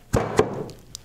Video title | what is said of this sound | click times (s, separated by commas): Evolution-RO1000™: How to Assemble | stem on the membrane right here pops right into this little hole in the manifold you'll | 1.0 s